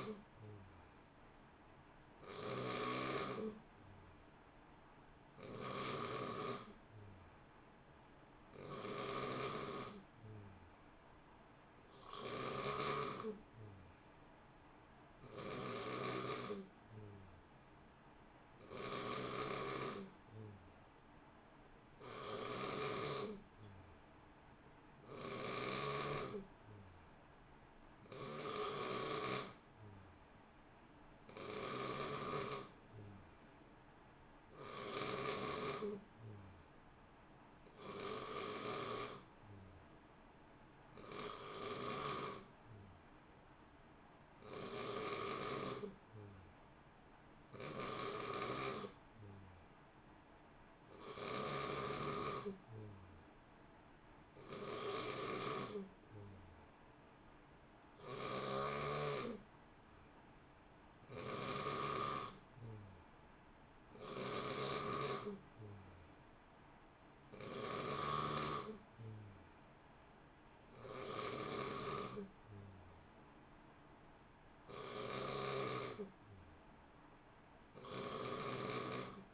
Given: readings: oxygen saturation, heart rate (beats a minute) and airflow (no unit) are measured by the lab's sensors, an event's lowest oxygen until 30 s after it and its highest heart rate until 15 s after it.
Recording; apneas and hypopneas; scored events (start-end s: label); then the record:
breathing in sleep by a voice recorder at the bedside; none
none scored
From the record:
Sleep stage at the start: N3 (deep sleep); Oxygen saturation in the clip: 89 to 91%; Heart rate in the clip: 56 to 62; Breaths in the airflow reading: 29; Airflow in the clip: -0.7 to 0.8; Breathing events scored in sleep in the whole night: 328 in 6.3 hours asleep